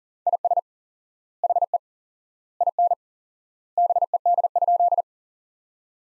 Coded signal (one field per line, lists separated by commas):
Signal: Morse code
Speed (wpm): 40 wpm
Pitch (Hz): 700 Hz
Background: none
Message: IS HE IN BED?